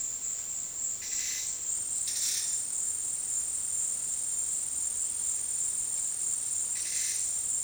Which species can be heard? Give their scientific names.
none